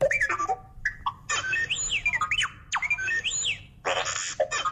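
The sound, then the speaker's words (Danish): Robot droid beeping and whistling, meant as a droid saying "third planet from the sun": rapid electronic chirps and warbles with rising and falling swoops and bright trills, loud and alone, a bit like a mechanical bird chattering. “Lad os lige prøve at høre, hvordan R2-D2 vil sige tredje planet for solen.”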